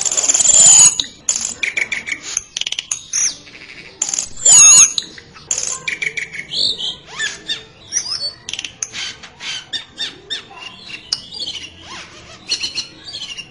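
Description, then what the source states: Songbird delivering a dense, rapid mix of sharp clicking chirps, whistles and trills, loud at first and then more broken. Masteran recording for training songbirds.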